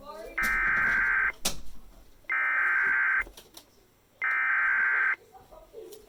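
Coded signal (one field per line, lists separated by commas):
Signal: Emergency Alert System (SAME) tones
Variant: header bursts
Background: speech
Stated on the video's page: Severe thunderstorm warning from the National Weather Service in Fort Worth.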